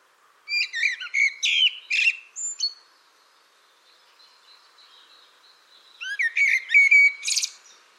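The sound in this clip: Bird song: busy strings of chirps and whistles, several seconds of faint high notes, then a second lively burst with a buzzy note.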